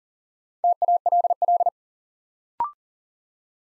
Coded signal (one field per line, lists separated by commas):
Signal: Morse code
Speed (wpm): 42 wpm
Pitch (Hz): 700 Hz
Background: none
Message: TALL